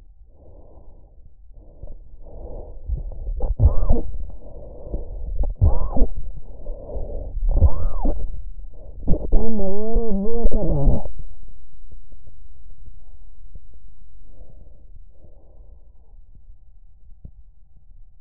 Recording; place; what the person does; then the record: lung sounds by stethoscope; trachea; quiet breathing, then cough and speech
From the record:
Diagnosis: asthma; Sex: female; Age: 74 years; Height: 155 cm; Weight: 63 kg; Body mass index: 26.2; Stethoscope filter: extended mode